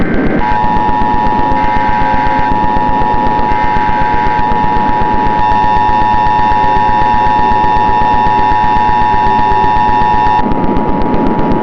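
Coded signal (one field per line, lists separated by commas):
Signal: Emergency Alert System (SAME) tones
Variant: 853 and 960 Hz attention tone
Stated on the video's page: Simulated EAS scenario alert for a fictional Santa Clara volcano.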